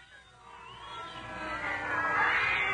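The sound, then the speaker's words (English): Several cats coming down a hill from a castle yowl and wail together in long, wavering high-pitched cries that rise and grow louder over a few seconds, with no talking. “What is that sound? A plague of cat's pits.”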